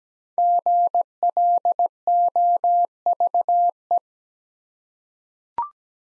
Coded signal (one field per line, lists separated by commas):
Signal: Morse code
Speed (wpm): 17 wpm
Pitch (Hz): 700 Hz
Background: none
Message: GLOVE